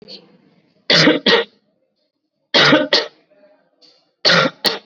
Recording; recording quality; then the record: shallow voluntary cough; excellent, no background noise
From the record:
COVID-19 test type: RT-PCR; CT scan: not taken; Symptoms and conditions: cough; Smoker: no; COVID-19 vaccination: both doses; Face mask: worn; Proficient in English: yes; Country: India